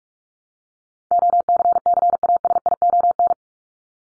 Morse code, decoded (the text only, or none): OCCASION